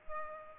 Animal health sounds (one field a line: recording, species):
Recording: mosquito wingbeat signal from an infrared sensor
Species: Culex pipiens